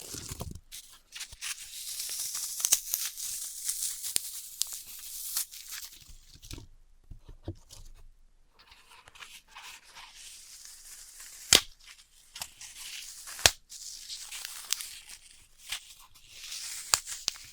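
Floral foam is crushed and cut in dense, bright crackling bursts, broken by a quiet pause near eight seconds and sharp taps around twelve and thirteen.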